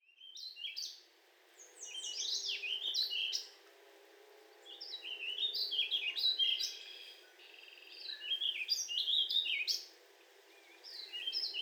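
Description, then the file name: Warbling vireo song in several meandering phrases of fast slurred notes, separated by quiet gaps. "Warbling Vireo 2 minutes of singing"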